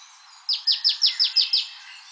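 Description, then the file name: Marsh tit giving a fast series of seven bright, high notes, each sliding downward, evenly spaced within about a second. "Poecile palustris"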